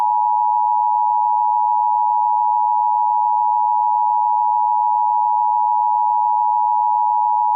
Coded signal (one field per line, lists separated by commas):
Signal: Emergency Alert System (SAME) tones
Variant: 853 and 960 Hz attention tone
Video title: EAS ALERT SPECIAL MARINE WARNING FLORIDA